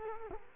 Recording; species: mosquito wingbeat signal from an infrared sensor; Culex quinquefasciatus